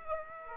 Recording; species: mosquito wingbeat signal from an infrared sensor; Aedes aegypti